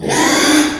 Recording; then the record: squeal of a Yucatan mini pig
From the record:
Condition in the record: after surgery on the right vocal fold (resection and tissue-engineered implant); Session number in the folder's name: 3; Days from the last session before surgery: 33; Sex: male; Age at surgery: 12 weeks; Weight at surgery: 13 kg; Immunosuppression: cyclosporine, prednisolone